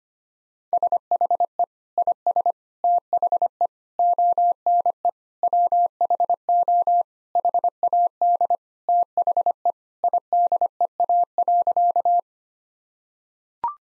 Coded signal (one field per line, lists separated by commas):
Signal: Morse code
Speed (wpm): 25 wpm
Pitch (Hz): 700 Hz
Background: none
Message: SHE IS THE ONE WHO HAD THE IDEA.